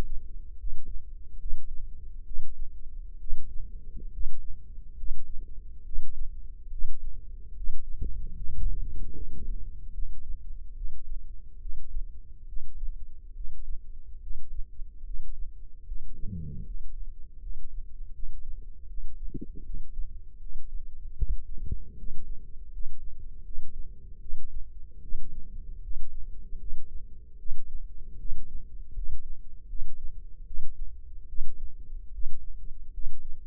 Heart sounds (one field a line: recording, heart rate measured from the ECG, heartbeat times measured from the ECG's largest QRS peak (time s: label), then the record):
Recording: heart sounds by microphone in the left ear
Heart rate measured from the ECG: 74 bpm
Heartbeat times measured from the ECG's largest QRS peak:
0.57 s: heartbeat
1.38 s: heartbeat
2.25 s: heartbeat
3.19 s: heartbeat
4.11 s: heartbeat
4.96 s: heartbeat
5.84 s: heartbeat
6.70 s: heartbeat
7.54 s: heartbeat
8.34 s: heartbeat
9.14 s: heartbeat
9.92 s: heartbeat
10.75 s: heartbeat
11.60 s: heartbeat
12.47 s: heartbeat
13.34 s: heartbeat
14.20 s: heartbeat
15.04 s: heartbeat
15.85 s: heartbeat
16.64 s: heartbeat
17.40 s: heartbeat
18.13 s: heartbeat
18.87 s: heartbeat
19.63 s: heartbeat
20.39 s: heartbeat
21.16 s: heartbeat
21.96 s: heartbeat
22.70 s: heartbeat
23.43 s: heartbeat
24.19 s: heartbeat
25.01 s: heartbeat
25.81 s: heartbeat
26.58 s: heartbeat
27.37 s: heartbeat
28.18 s: heartbeat
28.93 s: heartbeat
29.67 s: heartbeat
30.45 s: heartbeat
31.27 s: heartbeat
32.11 s: heartbeat
32.92 s: heartbeat
From the record:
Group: healthy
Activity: rest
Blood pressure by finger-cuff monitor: 166/107 mmHg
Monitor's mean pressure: 124 mmHg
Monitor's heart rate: 75 bpm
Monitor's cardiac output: 5.4 L/min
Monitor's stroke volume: 73 mL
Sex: male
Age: 35 years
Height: 178 cm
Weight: 64 kg